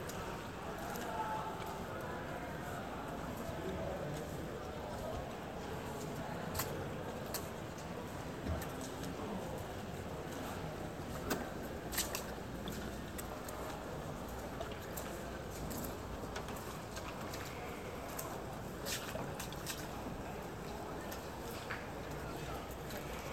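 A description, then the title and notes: Streets of Venice on a rainy morning, with a steady low murmur of voices and movement filling the whole clip. Short, sharp clicks and taps come through irregularly, clustering around the middle, over a dense, even background that stays unchanging. Walking the streets of Venice. I went to Venice on a rainy morning.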